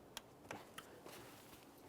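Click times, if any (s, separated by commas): none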